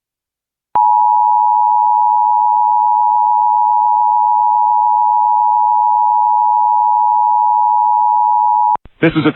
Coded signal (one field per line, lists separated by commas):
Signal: Emergency Alert System (SAME) tones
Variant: 853 and 960 Hz attention tone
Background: speech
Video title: EAS #90: August 2025 West Virginia Required Monthly Test on Comcast